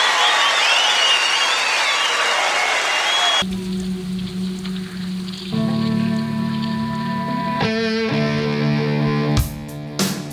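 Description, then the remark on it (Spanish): A loud burst of dense audience applause for the Chiquicanto de Mataderos choir fills the first few seconds, then cuts abruptly to music with steady sustained tones and a low, droning bass. “Un aplauso grande para el coro Chiquicanto de Mataderos.”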